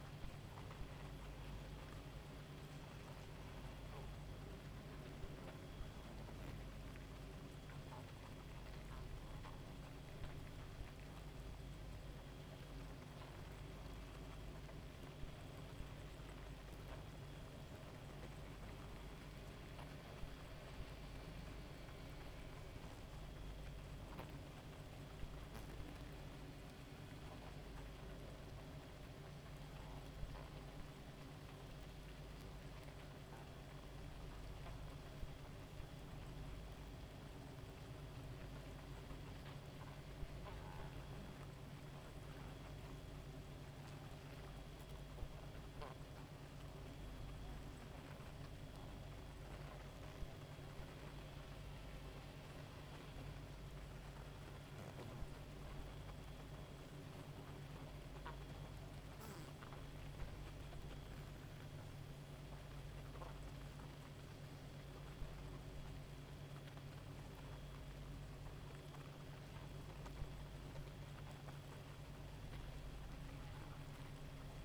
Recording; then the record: honeybee colony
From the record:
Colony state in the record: active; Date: 28 July 2017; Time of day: 1:44